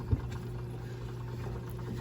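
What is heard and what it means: After the release button is pushed back in, the intake hose coupling is lined up and guided onto the motor head of a Fluval FX5 canister filter. A brief low bump near the start gives way to a steady low hum and faint handling noise. Nothing has clicked or seated yet.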